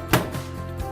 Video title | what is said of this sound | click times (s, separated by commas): [Maintenance] Bảo dưỡng máy in cắt decal Roland SG-300, VG2-540/640 | Close the left cover until it clicks solidly. | 0.1 s